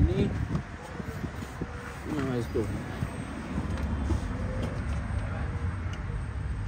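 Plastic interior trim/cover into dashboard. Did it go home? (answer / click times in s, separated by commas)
no / none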